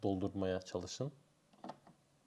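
Someone talks while handling the plastic milk-system part of a Philips 5400 LatteGo espresso machine as it goes into the milk container. After the talking, faint plastic knocks are heard around 1.6 and 1.7 seconds. The part has not seated or clicked into place yet.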